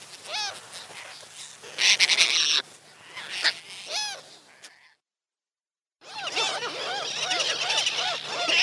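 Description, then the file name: Relict gull calls, arched yelping notes at first, a brief pause, then many overlapping yelps from several birds calling together. "CHajka reliktovaja"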